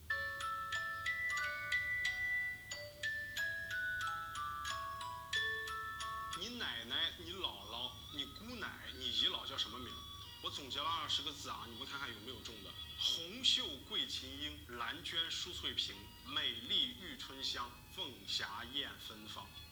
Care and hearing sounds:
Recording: daily activity, guitar pickup as the sensor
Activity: browse video

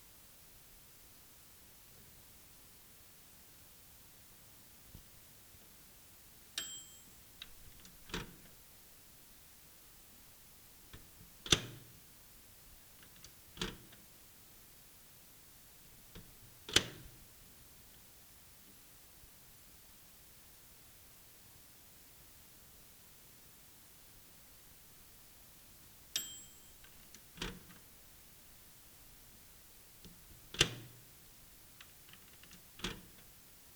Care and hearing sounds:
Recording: daily activity, guitar pickup as the sensor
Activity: use microwave

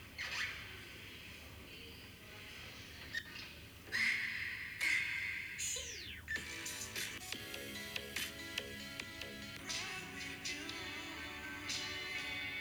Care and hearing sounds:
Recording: daily activity, guitar pickup as the sensor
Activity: browse video

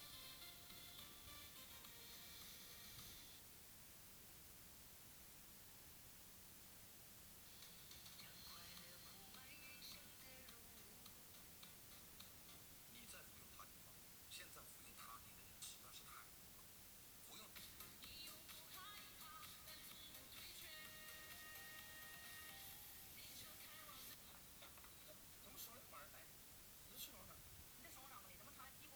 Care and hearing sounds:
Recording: daily activity, guitar pickup as the sensor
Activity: browse video

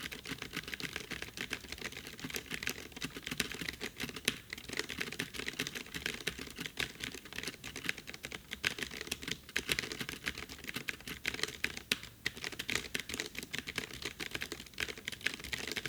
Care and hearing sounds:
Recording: daily activity, guitar pickup as the sensor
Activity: type

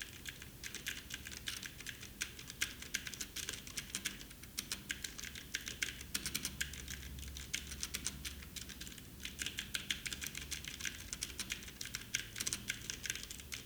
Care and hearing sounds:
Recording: daily activity, guitar pickup as the sensor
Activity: type

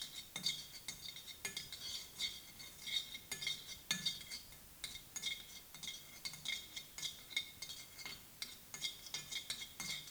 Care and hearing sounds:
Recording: daily activity, guitar pickup as the sensor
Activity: fry

